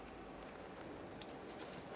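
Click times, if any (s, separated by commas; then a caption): none. A new rear ABS wheel speed sensor plug for a 2007-2013 Acura MDX is handled at its harness electrical connector, with the locking tabs being lined up before it is pressed in. There is steady low rustling with one brief sharp tick at 1.2 s, but nothing has seated or clicked yet.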